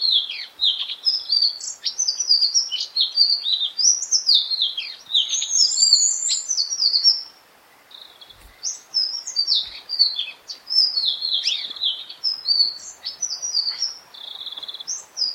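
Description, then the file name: Indigo flycatcher singing a long, rapid, high twittering warble of varied slurred notes, broken by a short pause before continuing. "sikataninon omkicau"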